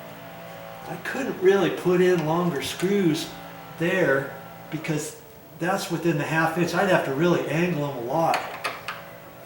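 A hinge screw is turned into a wooden door jamb while someone talks. Two short ticks sound at 8.7 and 8.9 seconds. The screw will not tighten because its thread has stripped the wood, and it just spins.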